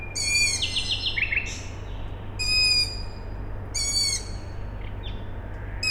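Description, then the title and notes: Owl chicks giving harsh, harmonic begging calls, repeated several times, with a rapid trilled bird phrase between them over a steady low hum. Owl chicks calling at night, Tuesday 21 May 2019, Siemianowice Śląskie, Poland; nightingale also present; industrial plant audible in background; recorded with Zoom H5 and Audio-Technica BP4025. "Maciejkowicka , 41-103 Siemianowice Śląskie, Polska - Owl chicks and a nightingale. Wtorek, 21 maja 2019. Noc. Nawoływanie piskląt sowy. Słowik. Kombinat w tle. Nagrania terenowe Siemianowic Śląskich - Dźwiękowy Portret Miasta"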